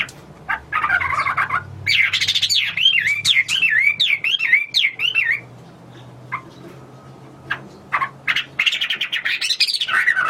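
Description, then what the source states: Hwamei song of loud, looping whistled notes in quick series, a short pause with a few sharp calls, then more whistled notes. Recorded in China.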